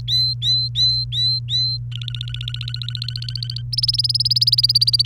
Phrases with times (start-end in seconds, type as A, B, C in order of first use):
0.08-1.77 A, 1.92-3.62 B, 3.73-5.06 C